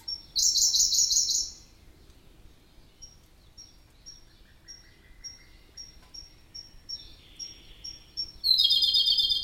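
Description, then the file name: Siberian blue robin: a loud, very high rattling trill opens, then a long series of thin ticks and a soft phrase, and another loud trill starts at the end. "robin-siberian-blue -Larvivora-cyane"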